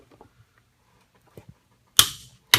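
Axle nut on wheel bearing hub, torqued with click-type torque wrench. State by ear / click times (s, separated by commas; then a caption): torque reached / 2.0 s, 2.5 s. A click-type torque wrench tightens the axle nut on a Chevrolet Cobalt wheel bearing hub to a final torque of 155 ft-lbs. A few faint ticks are followed by two sharp, loud clicks at 2.0 s and 2.5 s. The wrench has clicked at its setting and the torque is confirmed good.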